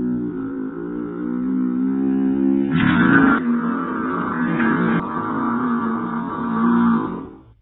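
A continuous, low, tonal growl lasts about seven seconds, wavering in pitch with gurgling shifts and a louder surge near the middle. These are very long, loud stomach hunger sounds (borborygmi) from an adult, made by gas and fluid moving through an empty gut, a normal sign of hunger.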